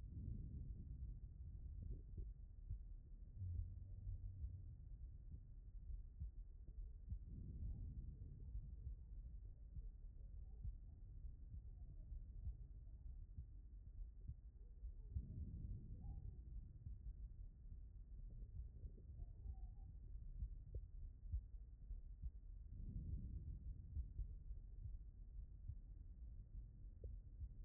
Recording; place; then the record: heart sounds by stethoscope; aortic valve (AV)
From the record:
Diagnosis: non-HFrEF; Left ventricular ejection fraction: 62%